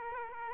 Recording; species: mosquito wingbeat signal from an infrared sensor; Aedes aegypti